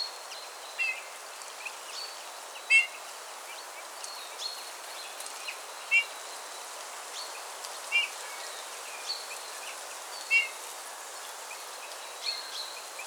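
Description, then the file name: Eurasian bullfinch giving soft piped whistles at irregular intervals, with other small birds chirping faintly behind. "Pyrrhula pyrrhula"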